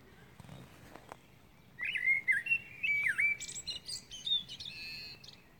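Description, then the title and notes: Eurasian blackbird singing one mellow, fluted phrase with a dipping slur, followed by a burst of high, scratchy twittering notes, against a faint steady background hiss. Recorded at Årstaskogen. "blackbird, koltrast. Årstaskogen"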